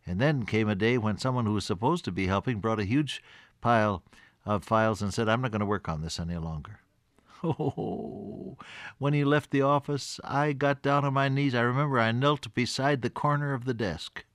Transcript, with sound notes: And then came a day when someone who was supposed to be helping, brought a huge pile of files and said, “I’m not going to work on this any longer.” (Laughs) Ohhhh! When he left the office, I got down on my knees, I remember, I knelt beside the corner of the desk.